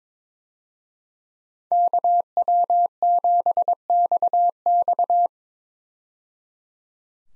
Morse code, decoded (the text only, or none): KW7XX